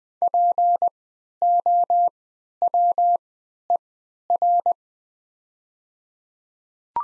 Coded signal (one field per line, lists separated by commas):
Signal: Morse code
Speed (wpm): 20 wpm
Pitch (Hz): 700 Hz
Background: none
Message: POWER